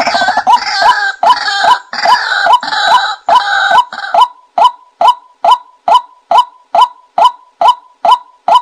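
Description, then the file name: White-breasted waterhen calls: harsh, rasping overlapping notes for several seconds, settling into a steady series of loud hollow notes a little over two per second. Calling in the daytime. "tieng quoc keu ban ngay"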